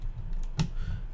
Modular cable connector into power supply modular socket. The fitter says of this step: Clicks into place, and we can actually lift up there.